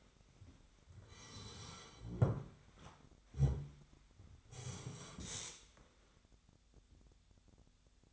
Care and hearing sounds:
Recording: daily activity, microphone in the room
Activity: sit down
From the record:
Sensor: 3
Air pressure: 1007.9 hPa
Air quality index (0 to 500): 192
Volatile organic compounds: 14 ppm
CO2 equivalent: 2462 ppm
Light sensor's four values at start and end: 12/28/12/11 and 12/28/12/12

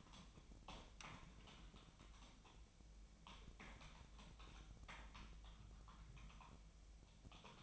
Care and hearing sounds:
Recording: daily activity, microphone in the room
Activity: typing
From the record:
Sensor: 1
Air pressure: 1009.5 hPa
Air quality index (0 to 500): 195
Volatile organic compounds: 19 ppm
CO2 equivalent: 2668 ppm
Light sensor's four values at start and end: 29/74/31/37 and 29/75/31/37

